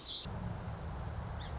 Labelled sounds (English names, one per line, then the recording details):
Song Sparrow
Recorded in Sonoma County, California